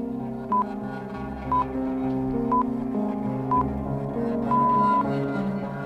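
Radio time signal pips marking 3:30: four short, high beeps spaced a second apart, then a longer final tone, sounding clearly over a steady bed of background music.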